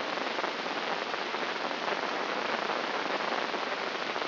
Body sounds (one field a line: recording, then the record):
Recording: brain microelectrode recording played as sound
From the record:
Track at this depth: outside the subthalamic nucleus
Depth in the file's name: 8.028 mm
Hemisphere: left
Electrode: 3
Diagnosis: Parkinson's disease